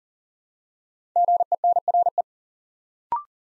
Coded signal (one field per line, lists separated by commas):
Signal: Morse code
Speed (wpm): 40 wpm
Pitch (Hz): 700 Hz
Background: none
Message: GENRE